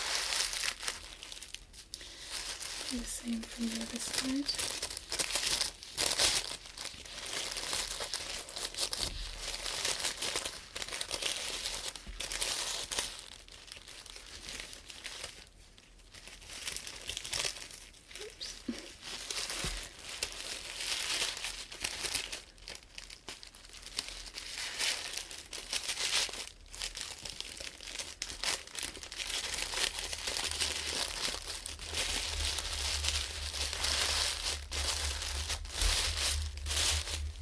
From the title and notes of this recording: ASMR Crinkles all the way.